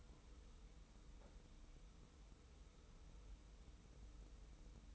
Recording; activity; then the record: daily activity, microphone in the room; wipe stove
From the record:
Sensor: 1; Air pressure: 990.5 hPa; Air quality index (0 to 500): 180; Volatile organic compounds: 1000 ppm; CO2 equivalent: 6636 ppm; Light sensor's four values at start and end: 31/73/31/34 and 31/73/31/34